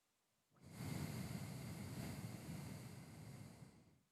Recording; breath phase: one breath near a microphone; exhalation